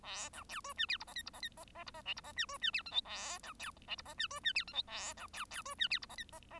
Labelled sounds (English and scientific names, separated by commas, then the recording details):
Bengalese Finch (Lonchura striata domestica) song
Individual Bird1